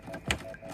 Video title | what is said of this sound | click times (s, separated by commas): Behind the scenes: PSU replacement on a Boot Hardware chassis. | Make sure you hear a nice little clip. | 0.3 s